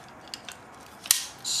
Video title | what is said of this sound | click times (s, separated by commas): How to build a Red One camera from scratch - The camera costs $35k | so it locks into place and then the red just goes | 1.1 s